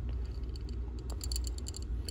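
A 1911 pistol slide stop is pushed straight into the frame against the plunger, producing a series of small, sharp metallic clicks and taps over a low background rumble. The slide stop is not all the way in, and nothing has seated or clicked into place yet.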